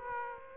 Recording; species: mosquito wingbeat signal from an infrared sensor; Aedes aegypti